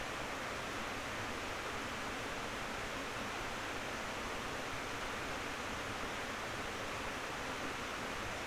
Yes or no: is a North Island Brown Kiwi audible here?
no